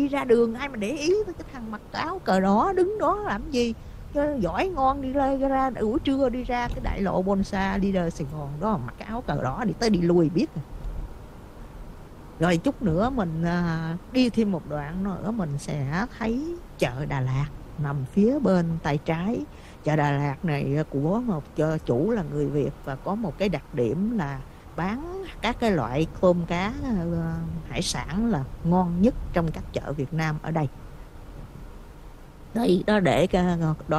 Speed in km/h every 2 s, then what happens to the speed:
35, 45, 55, 56, 56, 58, 60, 61, 63, 66, 66, 66, 66, 61, 58, 55, 53.
0-18 speeds up to 66. 18-24 steady at about 66. 24-29 slows to 55.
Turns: none.